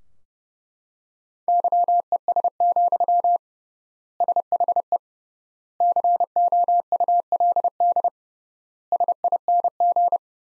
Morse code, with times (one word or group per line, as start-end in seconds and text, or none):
1.5-3.4 YES,
4.2-5.0 SHE
5.8-8.1 COULD
8.9-10.2 SING